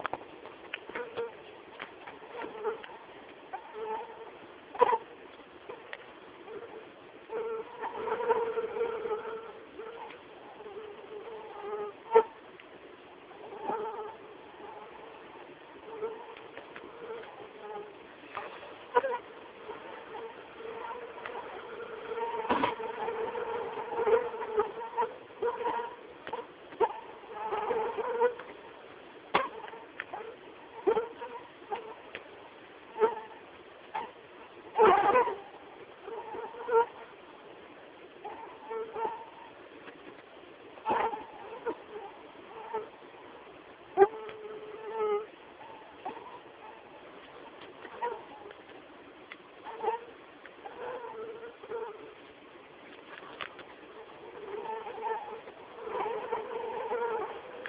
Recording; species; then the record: mosquito flight sound by mobile phone; Anopheles atroparvus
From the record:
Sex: female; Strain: EBRO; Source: CDC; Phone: Samsung T209